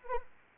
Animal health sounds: mosquito wingbeat signal from an infrared sensor; Anopheles arabiensis

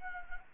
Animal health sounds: mosquito wingbeat signal from an infrared sensor; Anopheles arabiensis

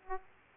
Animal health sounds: mosquito wingbeat signal from an infrared sensor; Aedes aegypti

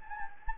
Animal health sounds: mosquito wingbeat signal from an infrared sensor; Anopheles gambiae

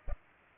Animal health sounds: mosquito wingbeat signal from an infrared sensor; Culex pipiens

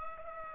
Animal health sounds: mosquito wingbeat signal from an infrared sensor; Culex pipiens

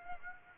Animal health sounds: mosquito wingbeat signal from an infrared sensor; Aedes aegypti

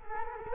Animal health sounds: mosquito wingbeat signal from an infrared sensor; Culex quinquefasciatus

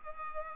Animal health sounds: mosquito wingbeat signal from an infrared sensor; Culex pipiens

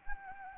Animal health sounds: mosquito wingbeat signal from an infrared sensor; Anopheles gambiae

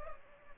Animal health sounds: mosquito wingbeat signal from an infrared sensor; Culex pipiens

